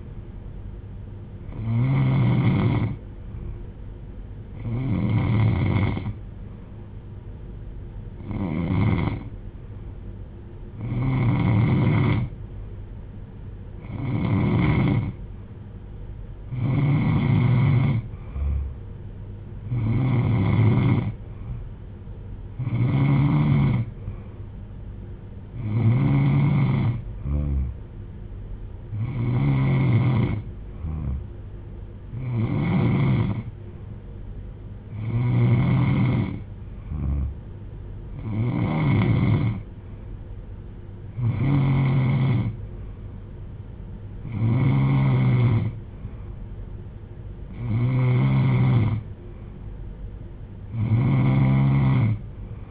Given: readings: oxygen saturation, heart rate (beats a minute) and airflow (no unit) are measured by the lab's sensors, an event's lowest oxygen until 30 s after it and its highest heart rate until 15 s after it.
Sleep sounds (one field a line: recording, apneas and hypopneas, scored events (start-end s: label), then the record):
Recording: breathing in sleep by a smartphone at the bedside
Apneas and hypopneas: 1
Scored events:
6.00-22.90 s: hypopnea (N3, oxygen 93% highest, then 90% lowest)
From the record:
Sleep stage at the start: N3 (deep sleep)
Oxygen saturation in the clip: 90 to 93%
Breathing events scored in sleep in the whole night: 310 in 8.1 hours asleep